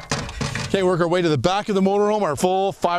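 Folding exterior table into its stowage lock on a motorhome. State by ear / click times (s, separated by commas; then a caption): seated / 0.1 s. A folding exterior picnic table on a motorhome is folded back up and latched into its stowage lock, with a sharp hit at 0.1 s as it seats. Someone talks over the rest of the clip.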